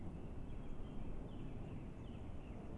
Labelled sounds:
Song Thrush
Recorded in Germany
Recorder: ecoPi

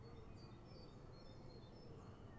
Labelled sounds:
Great Tit
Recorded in Germany
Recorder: ecoPi

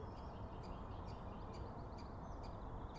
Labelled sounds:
Great Spotted Woodpecker
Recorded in Germany
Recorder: ecoPi

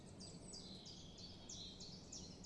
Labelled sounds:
Common Chiffchaff
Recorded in Germany
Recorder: ecoPi

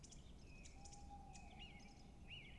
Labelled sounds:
Tawny Owl
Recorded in Germany
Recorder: ecoPi

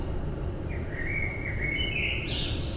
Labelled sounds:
Common Blackbird
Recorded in Germany
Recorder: ecoPi

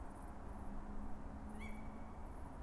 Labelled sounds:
Tawny Owl
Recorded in Germany
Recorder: ecoPi

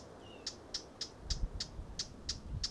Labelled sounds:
Eurasian Blackcap
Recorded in Germany
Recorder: ecoPi

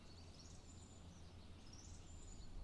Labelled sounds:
Song Thrush
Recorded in Germany
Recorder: ecoPi

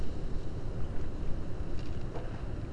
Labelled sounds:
none
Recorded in Germany
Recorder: ecoPi

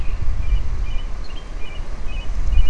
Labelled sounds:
Song Thrush
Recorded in Germany
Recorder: ecoPi

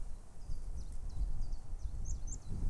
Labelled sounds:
Common Chiffchaff
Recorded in Germany
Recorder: ecoPi

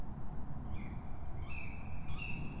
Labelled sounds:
Tawny Owl
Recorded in Germany
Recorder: ecoPi

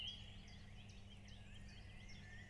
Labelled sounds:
Common Chiffchaff
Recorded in Germany
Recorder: ecoPi

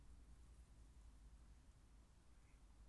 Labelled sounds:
Mallard
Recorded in Germany
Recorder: ecoPi

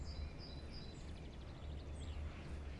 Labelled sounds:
Common Chaffinch
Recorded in Germany
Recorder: ecoPi

